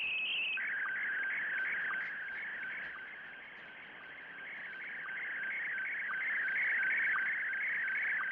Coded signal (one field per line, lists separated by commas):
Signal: SSTV (slow-scan television)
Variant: Scottie DX